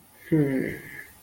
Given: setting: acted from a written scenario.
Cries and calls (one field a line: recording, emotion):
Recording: vocal sound without words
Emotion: romantic love